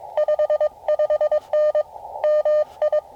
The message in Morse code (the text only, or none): 55N MI